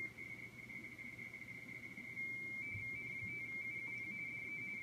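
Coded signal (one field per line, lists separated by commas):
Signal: RTTY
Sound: steady high tone, then warbling rapid chatter between two close pitches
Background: low hum, radio static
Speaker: so i'm gonna go ahead and give it a call hopefully he'll come back in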